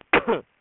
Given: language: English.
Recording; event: throat vibration sensor signal played as sound; cough